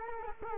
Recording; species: mosquito wingbeat signal from an infrared sensor; Culex quinquefasciatus